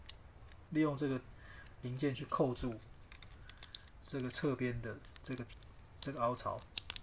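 Someone talks while handling a Super Alloy Giga Armor Rockman X toy figure, pulling open the shield's middle structure and bringing a plastic clip part toward the side groove on the figure's arm, with light plastic taps and ticks along the way. The clip ends before the part goes home, and nothing has seated or clicked yet.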